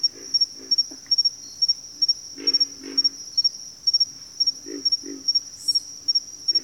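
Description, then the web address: Pig frog: short low grunts of a pig frog, in pairs and small groups, over a continuous high-pitched insect chorus with regular pulsed chirping. Bayou setting. "Echoes of Nature - Bayou Pig Frogs"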